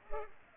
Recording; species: mosquito wingbeat signal from an infrared sensor; Culex pipiens